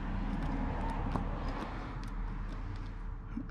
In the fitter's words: doesn't click in doesn't snap in which means in my opinion